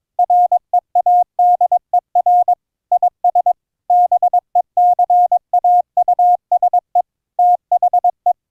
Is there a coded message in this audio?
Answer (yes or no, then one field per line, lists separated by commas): yes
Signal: Morse code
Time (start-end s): 0.2-8.3 s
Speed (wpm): 22 wpm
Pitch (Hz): 710 Hz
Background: none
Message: READER IS BECAUSE THE